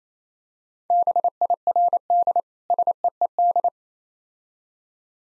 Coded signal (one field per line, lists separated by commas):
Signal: Morse code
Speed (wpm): 27 wpm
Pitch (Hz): 700 Hz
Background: none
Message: BIRD SEED